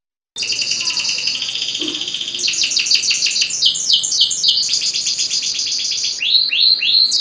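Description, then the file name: Canary song starting abruptly with a sustained high buzzy trill, moving into rapid chattering rolls and ending with a few loud falling whistled notes. Standard canary song. "suara kicauan kenari standar. omkicau"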